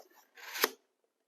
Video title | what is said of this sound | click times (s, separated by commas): How to fold our 2-Pack Shipping Insert (Open-RETF) | hear that lock that's perfect that means it's closed so we'll go ahead and fold | 0.6 s